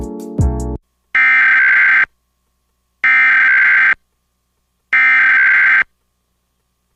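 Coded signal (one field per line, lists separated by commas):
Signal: Emergency Alert System (SAME) tones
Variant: header bursts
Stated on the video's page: Mock Michigan Required Monthly Test with valid EAS tones, simulated.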